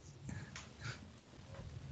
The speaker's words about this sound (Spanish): Sí, hay como una moto que suena como un perro, es lo que yo percibí, como una moto.